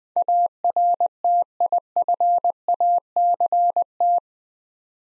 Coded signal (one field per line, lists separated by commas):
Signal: Morse code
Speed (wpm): 20 wpm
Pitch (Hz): 700 Hz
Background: none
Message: ARTIFACT